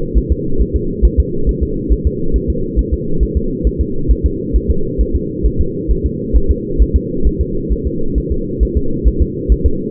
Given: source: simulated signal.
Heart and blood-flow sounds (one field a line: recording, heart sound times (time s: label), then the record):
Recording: fetal heart sounds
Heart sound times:
0.18 s: S1
0.32 s: S2
0.61 s: S1
0.76 s: S2
1.05 s: S1
1.20 s: S2
1.49 s: S1
1.63 s: S2
1.93 s: S1
2.07 s: S2
2.36 s: S1
2.50 s: S2
2.79 s: S1
2.93 s: S2
3.23 s: S1
3.37 s: S2
3.67 s: S1
3.81 s: S2
4.11 s: S1
4.26 s: S2
4.56 s: S1
4.71 s: S2
5.01 s: S1
5.16 s: S2
5.46 s: S1
5.61 s: S2
5.91 s: S1
6.06 s: S2
6.36 s: S1
6.51 s: S2
6.82 s: S1
6.96 s: S2
7.27 s: S1
7.41 s: S2
7.73 s: S1
7.87 s: S2
8.18 s: S1
8.32 s: S2
8.63 s: S1
8.77 s: S2
9.08 s: S1
9.22 s: S2
9.52 s: S1
9.66 s: S2
From the record:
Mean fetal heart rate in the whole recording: 135 bpm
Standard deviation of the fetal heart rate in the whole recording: 3 bpm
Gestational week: 34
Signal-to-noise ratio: -8.1 dB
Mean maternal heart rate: 72 bpm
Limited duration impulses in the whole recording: absent